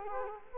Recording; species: mosquito wingbeat signal from an infrared sensor; Culex quinquefasciatus